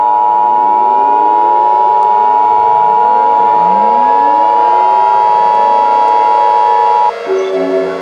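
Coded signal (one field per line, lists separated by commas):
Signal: Emergency Alert System (SAME) tones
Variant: 853 and 960 Hz attention tone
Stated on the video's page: Mock EAS scenario, a fictional recreation.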